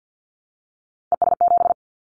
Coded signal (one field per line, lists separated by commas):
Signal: Morse code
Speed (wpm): 50 wpm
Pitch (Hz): 700 Hz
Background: none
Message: ES7